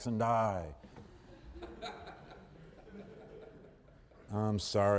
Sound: laughter